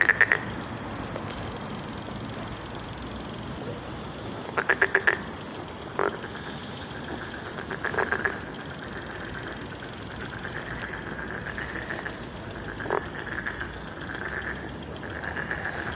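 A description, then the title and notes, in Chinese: Frogs calling at a pond on a spring evening, a steady, dense chorus of rough croaks throughout. A few louder bursts of rapid clicking croaks stand out near 5 seconds, with single sharp calls around 6, 8 and 13 seconds. 春日晚塘蛙鸣。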